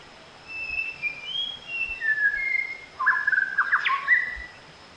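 White-rumped shama song: a run of clear whistled phrases, some sliding, followed by a richer, more varied burst of fluty notes and quick rising flourishes.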